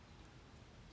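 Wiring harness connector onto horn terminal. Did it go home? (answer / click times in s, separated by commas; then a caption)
no / none. A wiring-harness connector from a Hella horn kit is handled at the horn terminal during installation on a 2008-2014 WRX. Only a steady, broadband, rain-like hiss is heard, with no distinct hits or clicks. Nothing has seated or clicked yet.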